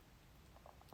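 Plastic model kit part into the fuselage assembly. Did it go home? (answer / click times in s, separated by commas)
no / none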